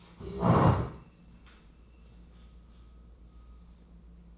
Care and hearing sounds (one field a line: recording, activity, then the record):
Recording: daily activity, microphone in the room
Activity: stand up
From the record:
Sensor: 1